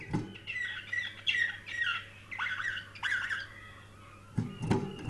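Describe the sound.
Canary song fragments: short chirps and sliding whistled notes separated by pauses, with a low hum and a couple of knocks near the end.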